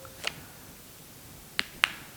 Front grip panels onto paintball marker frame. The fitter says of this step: wing very here push those in clicks in place